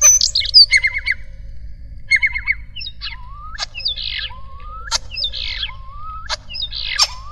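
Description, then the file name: Common starling song with dry rattles, rising slurred whistles and buzzy notes, motifs repeated several times, over a constant low background hum. Variation 3. "jalak-eropa-variasi-3"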